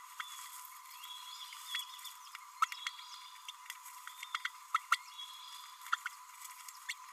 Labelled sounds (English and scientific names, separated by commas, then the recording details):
Green-rumped Parrotlet (Forpus passerinus) babbling
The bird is a male
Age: 29 days
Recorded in a nest box in Venezuela
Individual 17B32A6